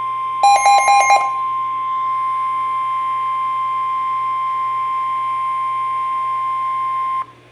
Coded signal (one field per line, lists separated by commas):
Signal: Emergency Alert System (SAME) tones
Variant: 1050 Hz attention tone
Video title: (EAS #238-239) Severe Thunderstorm Warning (KEC55)